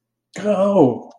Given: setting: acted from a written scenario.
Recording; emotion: vocal sound without words; positive surprise